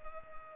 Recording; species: mosquito wingbeat signal from an infrared sensor; Culex pipiens